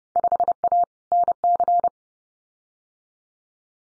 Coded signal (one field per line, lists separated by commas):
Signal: Morse code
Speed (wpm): 32 wpm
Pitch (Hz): 700 Hz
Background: none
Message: 5A NC